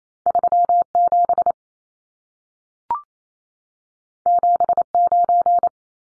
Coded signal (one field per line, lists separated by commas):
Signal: Morse code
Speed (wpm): 28 wpm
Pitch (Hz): 700 Hz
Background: none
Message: 37 79